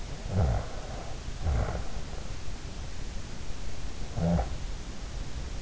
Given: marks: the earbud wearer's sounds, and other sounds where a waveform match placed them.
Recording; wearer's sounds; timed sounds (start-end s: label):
sounds in sleep by an in-ear microphone; snoring breath
0.10-2.11 s: snoring breath
3.98-4.55 s: snoring breath